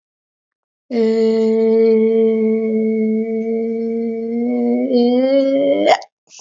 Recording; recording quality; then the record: sustained vowel as in made; excellent, no background noise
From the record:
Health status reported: exposed to COVID-19, no respiratory illness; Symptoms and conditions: cough, cold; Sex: female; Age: 49 years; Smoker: no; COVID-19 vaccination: both doses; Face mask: not worn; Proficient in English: no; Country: India